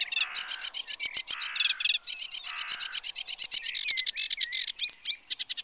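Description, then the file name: Sedge warbler song, a loud continuous torrent of grating churrs, rapid repeated scratchy notes and occasional whistled upslurs, varied and hurried throughout. "Phragmite des joncs"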